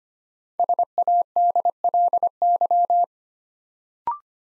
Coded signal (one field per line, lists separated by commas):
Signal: Morse code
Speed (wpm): 25 wpm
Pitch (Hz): 700 Hz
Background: none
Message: SADLY